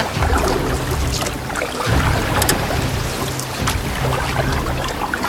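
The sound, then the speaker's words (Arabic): A rowing boat moves through water with a steady wash of splashing and churning, a low rumbling hum underneath and occasional brighter spray bursts, continuous and fairly loud with no voices. “القارب! هذا مستحيل!”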